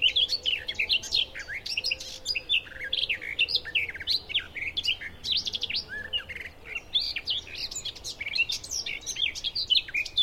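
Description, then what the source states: Garden warbler song: a long, fast, continuous warble flowing almost without pause throughout. Possibly recorded at Finmere.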